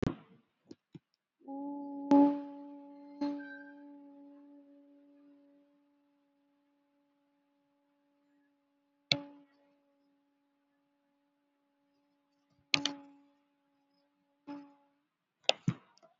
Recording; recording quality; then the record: sustained vowel as in boot; poor, much background noise or distortion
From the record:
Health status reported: exposed to COVID-19, no respiratory illness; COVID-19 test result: negative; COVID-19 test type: RT-PCR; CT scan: not taken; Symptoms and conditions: cold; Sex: female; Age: 34 years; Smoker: no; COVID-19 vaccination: one dose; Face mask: worn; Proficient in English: yes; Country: India